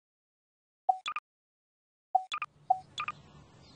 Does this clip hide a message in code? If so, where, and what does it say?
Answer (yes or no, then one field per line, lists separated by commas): no